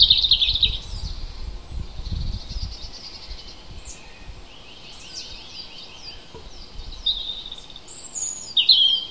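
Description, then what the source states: Birds singing: a loud squeaky burst at the start and finish, with soft rattling trills and thin high notes in between, over low rumbling noise. Native hedgerow birds recorded in April.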